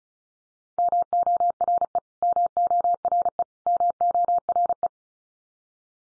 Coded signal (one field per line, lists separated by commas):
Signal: Morse code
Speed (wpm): 34 wpm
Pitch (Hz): 700 Hz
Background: none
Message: MORE MORE MORE